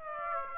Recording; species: mosquito wingbeat signal from an infrared sensor; Aedes aegypti